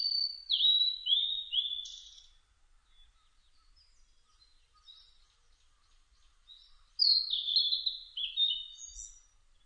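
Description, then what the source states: Blue-and-white flycatcher song: two phrases of high, falling slurred whistles separated by a few seconds of faint, scattered notes, each ending with a higher note. Recorded on 1 July 2006.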